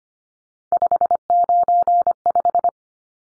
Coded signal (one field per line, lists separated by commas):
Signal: Morse code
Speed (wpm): 25 wpm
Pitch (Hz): 700 Hz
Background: none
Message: 595